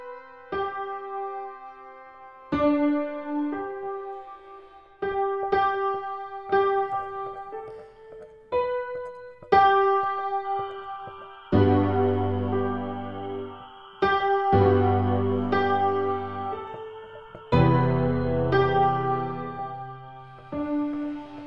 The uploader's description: An old song on a computer generated piano; field and foley recordings; miscellaneous bits and pieces of digital sounds; a sine waves; the ocean; a train.